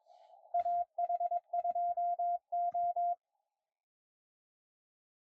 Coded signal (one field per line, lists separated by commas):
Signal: Morse code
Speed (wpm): 19 wpm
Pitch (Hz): 700 Hz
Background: none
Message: AH2O